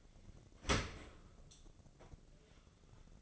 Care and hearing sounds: daily activity, microphone in the room; open dishwasher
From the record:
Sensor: 4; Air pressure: 1013.2 hPa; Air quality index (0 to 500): 174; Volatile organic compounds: 2 ppm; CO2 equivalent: 1094 ppm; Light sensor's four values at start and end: 71/177/73/75 and 70/174/72/74

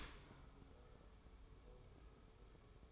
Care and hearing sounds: daily activity, microphone in the room; open dishwasher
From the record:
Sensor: 1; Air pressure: 1015.0 hPa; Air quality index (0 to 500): 25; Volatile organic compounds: 0 ppm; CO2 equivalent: 500 ppm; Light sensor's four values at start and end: 13/30/12/13 and 13/30/12/13

